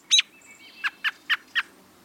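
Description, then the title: American Robin calls: one sharp high note followed by four short, evenly spaced notes. Robins cock their heads on lawns and gardens, listening to locate earthworms; experiments with captive robins and worms buried under cardboard showed they hear their prey. "Does a Robin Hear Its Worm?"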